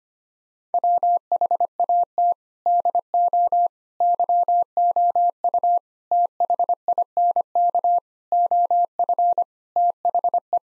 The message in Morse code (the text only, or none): WHAT DO YOU THINK OF THE